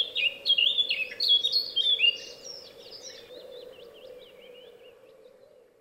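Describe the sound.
Bird song: quick, high warbling phrases with rapid up-and-down notes for about two seconds, then softer twittering fading out, over a steady low hum.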